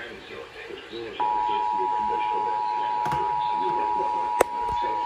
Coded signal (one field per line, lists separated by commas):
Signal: Emergency Alert System (SAME) tones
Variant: 853 and 960 Hz attention tone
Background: speech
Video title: KAL, MELBOURNE, AND MIAMI... EAS Tests from 11/25/20 (EAS 4205-4215)